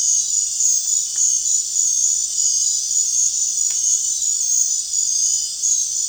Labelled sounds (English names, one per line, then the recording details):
none
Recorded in dense forest near Puerto Asís, Putumayo, Colombia, on 29 June 2025 at 20:00
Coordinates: 0.466, -76.327
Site GP04